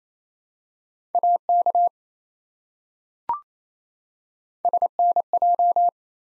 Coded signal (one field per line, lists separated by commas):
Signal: Morse code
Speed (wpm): 28 wpm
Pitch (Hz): 700 Hz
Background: none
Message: AK SNJ